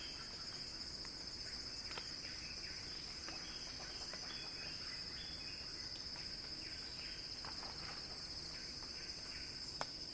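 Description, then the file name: Cicadas keep up a constant high hiss-like buzz while scattered short chirps and clicks come and go. Cicada song building in a crescendo. "earth-fm Axel-Drioli Cicada-Crescendo-Sounding-Wild"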